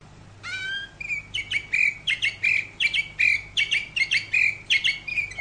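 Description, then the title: Canary singing: an opening whistled note, then a fast run of repeated chirping notes. Champion canary singing. "Kicau Burung Kenari Juara"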